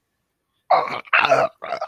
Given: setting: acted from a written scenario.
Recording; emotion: vocal sound without words; disgust